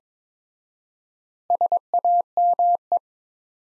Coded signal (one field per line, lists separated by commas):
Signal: Morse code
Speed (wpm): 22 wpm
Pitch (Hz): 700 Hz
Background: none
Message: SAME